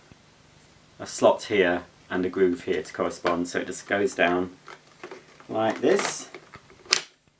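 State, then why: Seated. A keyed plastic part with a red switch on the outside, for a Morphy Richards Shark Lift Away Allergy bagless upright vacuum cleaner, model 73410, is lined up on its groove and pushed down into its slot on the body while someone talks. A sharp click at 6.9 s marks it latching into place, and it is then firmly seated and won't budge.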